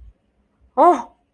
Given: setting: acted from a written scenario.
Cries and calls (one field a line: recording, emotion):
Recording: vocal sound without words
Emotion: positive surprise